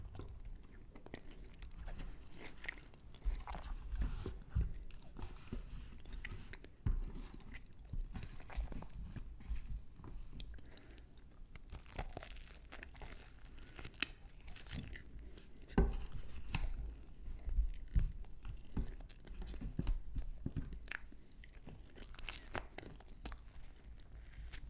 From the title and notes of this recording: Eating Lamb Bhuna Curry With Garlic Naan Bread & Poppadum's (ASMR MUKBANG).